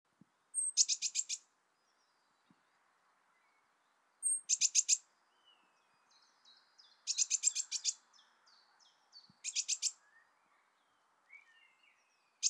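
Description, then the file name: Eurasian blue tit repeating short phrases of rapid buzzy notes, some preceded by a thin high whistle, every few seconds. "Cyanistes caeruleus"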